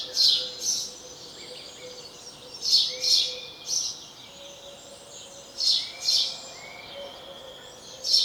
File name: Passer domesticus